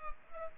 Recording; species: mosquito wingbeat signal from an infrared sensor; Culex pipiens